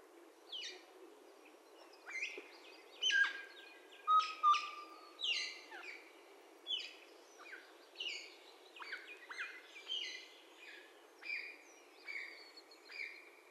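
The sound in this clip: Black parrot giving a series of whistled notes, some flat and drawn out, others short and dropping, at an irregular pace over a faint background hiss.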